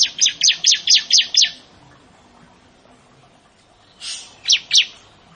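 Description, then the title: Bar-winged prinia song: a rapid string of seven sharp downslurred chirps, a pause, then a soft rushing sound and two more chirps. "Ciblek Sawah"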